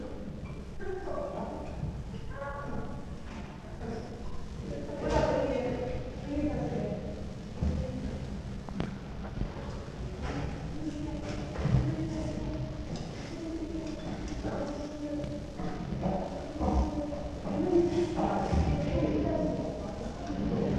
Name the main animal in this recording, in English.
Chimpanzee